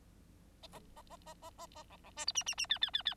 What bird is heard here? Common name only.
Bengalese Finch